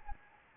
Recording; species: mosquito wingbeat signal from an infrared sensor; Anopheles gambiae